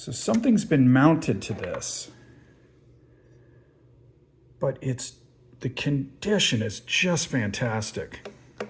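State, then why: Not seated. Someone talks about a vintage 1978 Luxman PD444 turntable as its tonearm rest lock is handled, with a few short taps and handling noises near the end. The clip ends before the lock goes home, so nothing has clicked into place yet.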